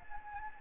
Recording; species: mosquito wingbeat signal from an infrared sensor; Anopheles gambiae